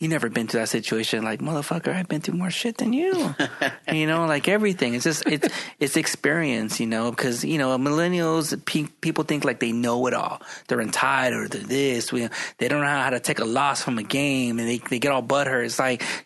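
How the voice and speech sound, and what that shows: An adult man who has been working on his stuttering for 25 years talks casually at a steady pace, with occasional repeated sounds and words such as "pi-pi-people", "how how" and "they they", and a few short hesitations. These are mild stuttering disfluencies within mostly fluent speech.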